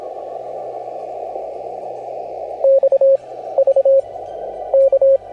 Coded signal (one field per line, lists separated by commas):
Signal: Morse code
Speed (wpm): 26 wpm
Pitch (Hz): 560 Hz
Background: radio noise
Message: X V K